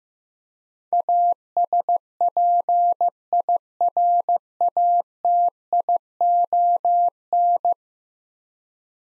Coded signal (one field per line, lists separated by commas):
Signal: Morse code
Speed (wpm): 15 wpm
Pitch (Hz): 700 Hz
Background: none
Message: ASPIRATION